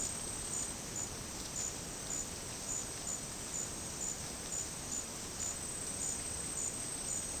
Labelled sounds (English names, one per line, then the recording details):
none
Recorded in dense forest near Puerto Asís, Putumayo, Colombia, on 18 February 2024 at 14:00
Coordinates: 0.486, -76.316
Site G6437